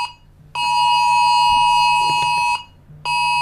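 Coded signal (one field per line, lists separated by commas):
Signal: Emergency Alert System (SAME) tones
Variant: 853 and 960 Hz attention tone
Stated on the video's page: Concept EAS alert, a simulated scenario.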